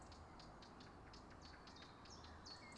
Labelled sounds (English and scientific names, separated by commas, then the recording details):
Eurasian Blackcap (Sylvia atricapilla)
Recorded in Germany
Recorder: ecoPi